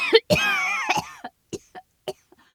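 A severe, long cough from an adult woman: a harsh, strained cough with a drawn-out voiced groan, then about five short weaker coughs trailing off.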